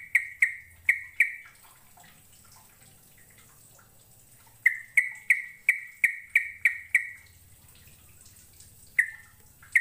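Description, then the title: Bird repeating clear, sharp notes in fast runs of several, with a long pause between runs. "Kicau Burung"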